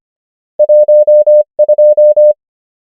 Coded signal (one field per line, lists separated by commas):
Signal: Morse code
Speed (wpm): 25 wpm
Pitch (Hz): 600 Hz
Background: none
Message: 1 2